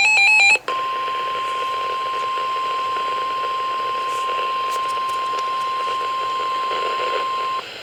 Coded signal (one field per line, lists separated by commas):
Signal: Emergency Alert System (SAME) tones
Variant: 1050 Hz attention tone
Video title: Things took a weird route here... // EAS Alerts from July 4th to 11th - EAS 228-256